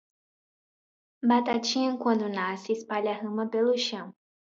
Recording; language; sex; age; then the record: short text; Brazilian Portuguese; female; 20 to 29 years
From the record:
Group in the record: control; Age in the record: 22 years